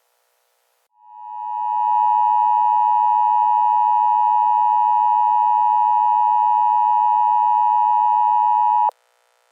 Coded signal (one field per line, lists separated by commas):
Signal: Emergency Alert System (SAME) tones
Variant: 853 and 960 Hz attention tone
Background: music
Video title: EAS Scenario - Wasting in the Sun